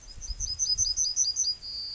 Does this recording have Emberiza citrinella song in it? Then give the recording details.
yes. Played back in grassland. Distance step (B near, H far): D. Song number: 108